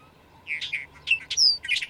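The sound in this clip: Bird song: high, squeaky chirps and a thin, falling whistle, delivered in quick, uneven bursts.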